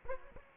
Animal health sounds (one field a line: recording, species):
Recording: mosquito wingbeat signal from an infrared sensor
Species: Aedes aegypti